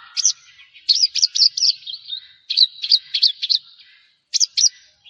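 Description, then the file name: Javan bush lark song: quick series of sharp chirped notes in two phrases, then a pause and a few more clipped notes. "suara burung branjangan jawa"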